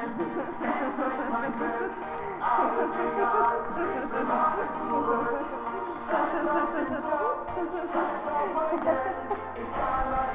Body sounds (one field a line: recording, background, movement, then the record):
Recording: laughter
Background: music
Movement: sitting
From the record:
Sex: female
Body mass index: 36.4 kg/m2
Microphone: on the chest, facing the body